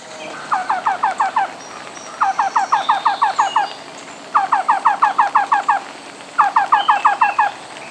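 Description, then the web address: Black-billed cuckoo calling: four rhythmic runs of hollow, evenly spaced cu notes, several per run, with short pauses between runs. "cuckoos bbcu"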